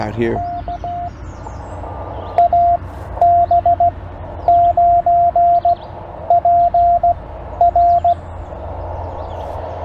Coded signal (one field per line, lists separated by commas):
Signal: Morse code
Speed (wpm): 16 wpm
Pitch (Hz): 700 Hz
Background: speech, radio noise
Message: K AB9PR